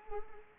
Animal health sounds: mosquito wingbeat signal from an infrared sensor; Anopheles arabiensis

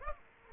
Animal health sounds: mosquito wingbeat signal from an infrared sensor; Aedes aegypti

